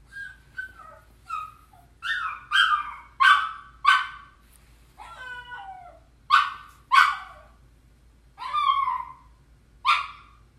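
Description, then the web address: Hunting dog giving irregular yelping barks, some doubled, with soft whimpering notes in between. "liangi quanno feie sheng"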